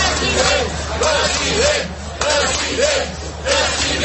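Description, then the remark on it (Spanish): A large crowd chants "president" over and over at Jordi Pujol, who came with his walker to cast his vote, in a steady, loud rhythm, the voices rising and falling together over a constant roar of cheering and noise. “A quien gritan president, president, no es a Laporta.”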